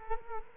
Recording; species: mosquito wingbeat signal from an infrared sensor; Culex quinquefasciatus